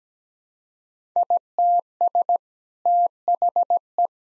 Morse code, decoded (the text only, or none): ITS THE